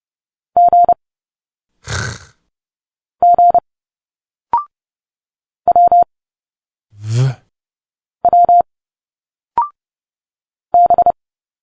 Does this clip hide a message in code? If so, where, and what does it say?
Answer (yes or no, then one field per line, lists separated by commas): yes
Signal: Morse code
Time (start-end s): 0.6-11.1 s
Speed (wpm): 30 wpm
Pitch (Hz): 700 Hz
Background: none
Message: G G W W B